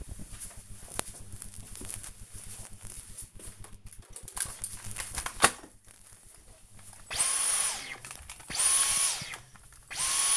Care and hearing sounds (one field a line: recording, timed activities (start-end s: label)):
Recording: household activities, microphone on the right wrist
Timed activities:
3.55-10.37 s: vacuum cleaning